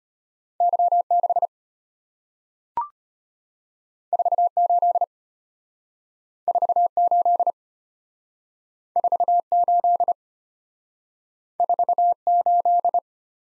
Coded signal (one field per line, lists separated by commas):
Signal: Morse code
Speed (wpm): 34 wpm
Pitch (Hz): 700 Hz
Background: none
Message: Y6 48 48 48 48